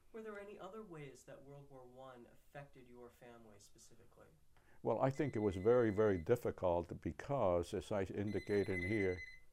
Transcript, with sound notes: Were there any other ways that World War I affected your family specifically? [phone rings]
it was very, very difficult because as I indicated here...